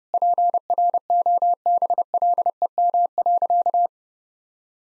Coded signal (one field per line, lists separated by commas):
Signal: Morse code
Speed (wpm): 32 wpm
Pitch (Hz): 700 Hz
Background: none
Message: PROBLEM.